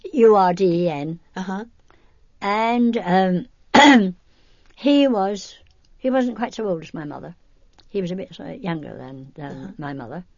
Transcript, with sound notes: U-R-D-E-N. And, um... ( she clears her throat ) He was, he wasn't quite so old as my mother. He was a bit younger than my mother.